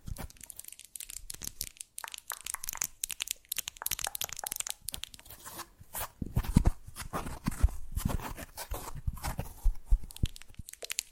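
Fast, unpredictable ASMR triggers: quick bursts of crinkling, crunching and tearing sounds follow one another with short gaps between them. The first half is crisper and lighter, while from about six seconds the rustles grow fuller and heavier, with dull thumps mixed in.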